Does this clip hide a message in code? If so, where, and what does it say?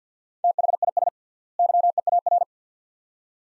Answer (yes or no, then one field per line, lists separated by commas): yes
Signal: Morse code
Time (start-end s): 0.4-2.4 s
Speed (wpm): 50 wpm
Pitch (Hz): 700 Hz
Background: none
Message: THIS YEAR